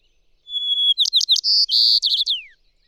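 Bird song: a thin, steady high whistle, then a quick run of sharp chirps and buzzy notes, finishing with a long downward-sliding note.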